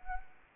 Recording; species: mosquito wingbeat signal from an infrared sensor; Anopheles arabiensis